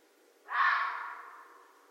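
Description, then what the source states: Red fox uttering a single coarse, breathy bark that swells quickly and then slowly dies away. Recorded 13 January 2012.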